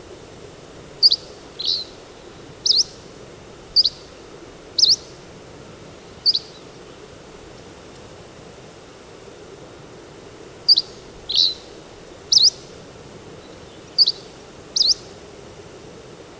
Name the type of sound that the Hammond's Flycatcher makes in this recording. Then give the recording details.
song. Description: Hammond's Flycatcher song recorded on the Fern Lake Trail in Rocky Mountain National Park. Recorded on 10 June 2015